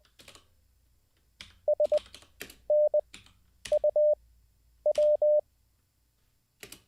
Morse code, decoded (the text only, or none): SNUW